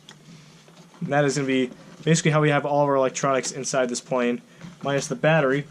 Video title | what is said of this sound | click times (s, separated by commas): 13th Squadron -- BF109E Kit BUILD | drop it down, align it with the alignment tabs, and should snap in place just like so. | 0.1 s